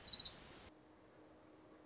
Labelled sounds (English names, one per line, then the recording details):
Orange-crowned Warbler
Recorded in Sonoma County, California